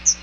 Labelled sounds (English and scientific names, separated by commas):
Chestnut-sided Warbler (Setophaga pensylvanica) flight call